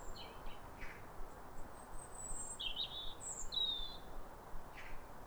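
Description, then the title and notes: European robin song, high sweet twittering phrases in quick succession, set against constant low background noise. Pair of robins in neighbouring gardens singing a duet at a clear, calm, rosy New Year sunrise in winter, after weeks of rain; recorded by Fergus Collins. "Sound Escape 150: Be uplifted by a chorus of New Year's robins. A pair of robins in neighbouring gardens welcome the early sun with wistful phrases. BBC Countryfile Magazine. Recorded by Fergus Collins"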